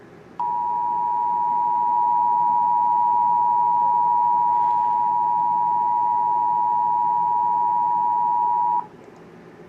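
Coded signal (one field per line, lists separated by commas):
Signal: Emergency Alert System (SAME) tones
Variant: 853 and 960 Hz attention tone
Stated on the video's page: Remastered fictional EAS mock.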